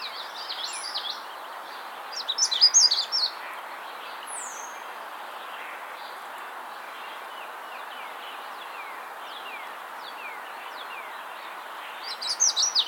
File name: Setophaga magnolia - Magnolia Warbler